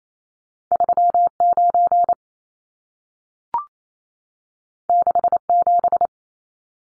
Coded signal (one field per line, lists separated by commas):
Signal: Morse code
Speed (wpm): 28 wpm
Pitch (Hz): 700 Hz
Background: none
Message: 39 67